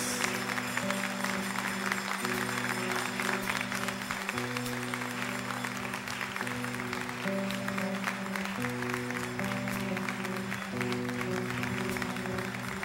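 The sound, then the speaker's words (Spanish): A crowd at a live church worship service applauds steadily for the full length, bidding farewell to Jesus in the Blessed Sacrament: a dense wash of clapping layered over sustained organ or keyboard chords that shift pitch every couple of seconds; no one speaks. “Dale tu mejor aplauso al Rey de Reyes y Señor de Señores.”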